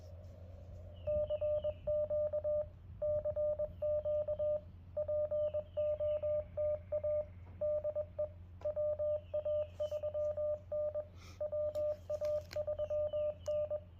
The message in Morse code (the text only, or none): CQ CQ POTA DE WA3N WA3N